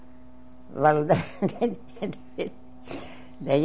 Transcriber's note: she laughs